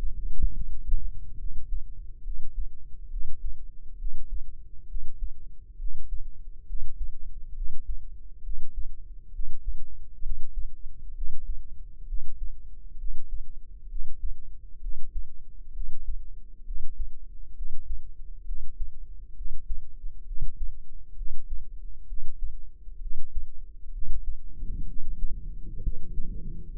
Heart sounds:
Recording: heart sounds by microphone in the left ear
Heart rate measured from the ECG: 66 bpm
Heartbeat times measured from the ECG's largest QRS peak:
0.51 s: heartbeat
1.36 s: heartbeat
2.22 s: heartbeat
3.08 s: heartbeat
3.96 s: heartbeat
4.86 s: heartbeat
5.76 s: heartbeat
6.64 s: heartbeat
7.52 s: heartbeat
8.41 s: heartbeat
9.30 s: heartbeat
10.20 s: heartbeat
11.12 s: heartbeat
12.05 s: heartbeat
12.96 s: heartbeat
13.86 s: heartbeat
14.79 s: heartbeat
15.71 s: heartbeat
16.62 s: heartbeat
17.53 s: heartbeat
18.43 s: heartbeat
19.33 s: heartbeat
20.23 s: heartbeat
21.13 s: heartbeat
22.05 s: heartbeat
22.98 s: heartbeat
23.89 s: heartbeat
24.84 s: heartbeat
25.80 s: heartbeat
26.68 s: heartbeat
From the record:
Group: healthy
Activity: Valsalva maneuver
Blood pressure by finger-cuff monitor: 107/69 mmHg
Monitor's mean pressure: 81 mmHg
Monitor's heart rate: 67 bpm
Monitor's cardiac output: 5.3 L/min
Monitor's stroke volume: 79 mL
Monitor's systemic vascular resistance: 1100 dyn s/cm5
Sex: female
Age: 22 years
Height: 160 cm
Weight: 45 kg

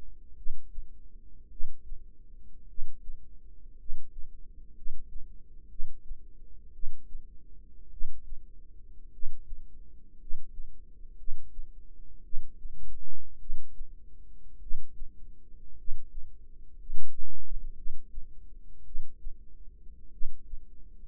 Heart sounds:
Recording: heart sounds by microphone in the right ear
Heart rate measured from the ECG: 55 bpm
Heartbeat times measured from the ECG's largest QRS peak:
0.34 s: heartbeat
1.48 s: heartbeat
2.65 s: heartbeat
3.75 s: heartbeat
4.72 s: heartbeat
5.67 s: heartbeat
6.71 s: heartbeat
7.88 s: heartbeat
9.09 s: heartbeat
10.17 s: heartbeat
11.15 s: heartbeat
12.21 s: heartbeat
13.37 s: heartbeat
14.58 s: heartbeat
15.74 s: heartbeat
16.76 s: heartbeat
17.73 s: heartbeat
18.82 s: heartbeat
20.09 s: heartbeat
From the record:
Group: healthy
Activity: rest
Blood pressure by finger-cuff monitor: 155/69 mmHg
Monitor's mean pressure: 96 mmHg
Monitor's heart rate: 56 bpm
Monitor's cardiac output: 6.1 L/min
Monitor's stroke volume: 110 mL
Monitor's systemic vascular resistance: 1140 dyn s/cm5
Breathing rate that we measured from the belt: 10 breaths a minute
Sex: male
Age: 25 years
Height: 170 cm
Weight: 70.4 kg

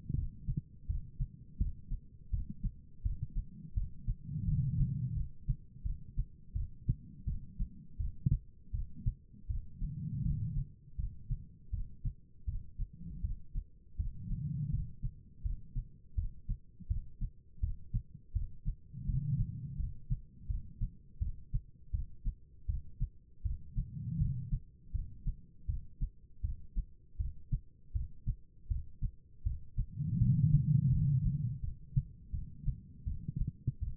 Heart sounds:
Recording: heart sounds by stethoscope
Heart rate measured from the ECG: 82 bpm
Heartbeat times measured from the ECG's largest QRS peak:
0.15 s: heartbeat
0.87 s: heartbeat
1.58 s: heartbeat
2.31 s: heartbeat
3.03 s: heartbeat
3.74 s: heartbeat
4.45 s: heartbeat
5.14 s: heartbeat
5.83 s: heartbeat
6.53 s: heartbeat
7.25 s: heartbeat
7.98 s: heartbeat
8.72 s: heartbeat
9.48 s: heartbeat
10.23 s: heartbeat
10.97 s: heartbeat
11.71 s: heartbeat
12.46 s: heartbeat
13.22 s: heartbeat
13.97 s: heartbeat
14.71 s: heartbeat
15.43 s: heartbeat
16.15 s: heartbeat
16.88 s: heartbeat
17.60 s: heartbeat
18.33 s: heartbeat
19.06 s: heartbeat
19.77 s: heartbeat
20.47 s: heartbeat
21.19 s: heartbeat
21.91 s: heartbeat
22.67 s: heartbeat
23.43 s: heartbeat
24.18 s: heartbeat
24.92 s: heartbeat
25.66 s: heartbeat
26.42 s: heartbeat
27.17 s: heartbeat
27.93 s: heartbeat
28.68 s: heartbeat
29.43 s: heartbeat
30.19 s: heartbeat
30.90 s: heartbeat
31.61 s: heartbeat
32.31 s: heartbeat
33.05 s: heartbeat
33.80 s: heartbeat
From the record:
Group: healthy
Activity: rest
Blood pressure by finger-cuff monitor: 154/103 mmHg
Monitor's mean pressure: 121 mmHg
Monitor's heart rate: 82 bpm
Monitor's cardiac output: 4.8 L/min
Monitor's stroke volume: 59 mL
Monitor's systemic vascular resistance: 1880 dyn s/cm5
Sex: female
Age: 51 years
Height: 162 cm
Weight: 70.04 kg

